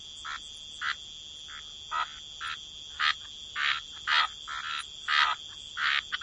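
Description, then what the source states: Frog croaks come as separate rough bursts at uneven spacing, some louder and longer, with a continuous high whine behind them. Frog chorus.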